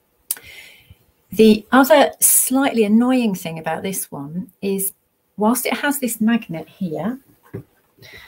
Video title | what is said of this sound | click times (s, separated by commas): Best Dermatoscope for primary care | so you do need to click it on until it clicks when you put it back on again | 0.3 s